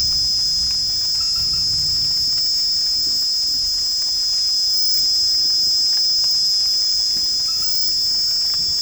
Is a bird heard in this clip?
no